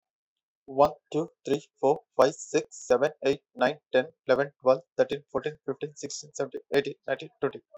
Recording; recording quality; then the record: counting at a fast pace; excellent, no background noise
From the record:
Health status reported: healthy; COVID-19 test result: negative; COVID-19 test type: RT-PCR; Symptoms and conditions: cold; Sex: male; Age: 29 years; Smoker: no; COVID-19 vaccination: one dose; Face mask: not worn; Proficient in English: yes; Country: India